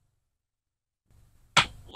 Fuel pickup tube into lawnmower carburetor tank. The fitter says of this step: there it clicked now if you look down here you see these marks from it being picked